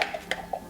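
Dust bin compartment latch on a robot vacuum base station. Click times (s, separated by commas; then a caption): 0.3 s. A release button is pressed on the dust and filter compartment of a yeedi cube robot vacuum base station, and the latch gives a sharp click at 0.3 s as the plastic side panel opens. Softer ticks come at the start and around 0.5 s. The compartment is released.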